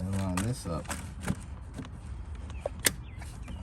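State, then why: Not seated. Someone talks while a charge pipe is lined up and its clamp is pushed onto the lower charge pipe connection, with a few short knocks and scrapes of handling. The clamp fails to snap on, and nothing has seated or clicked yet.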